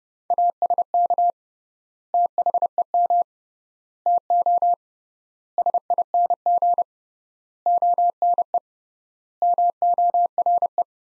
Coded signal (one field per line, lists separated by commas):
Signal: Morse code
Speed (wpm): 30 wpm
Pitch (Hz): 700 Hz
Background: none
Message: ASK THEM TO SING ONE MORE